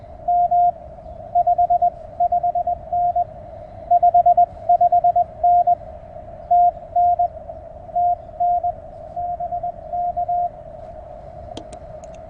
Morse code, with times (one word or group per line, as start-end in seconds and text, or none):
0.3-0.7 M
1.4-3.2 55N
3.9-5.7 55N
6.5-7.3 TN
8.0-8.7 TN
9.2-10.5 BK